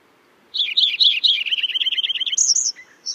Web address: Songs of Birds of North America Know Your Bird Sounds Common Western Species. Lincolns Sparrow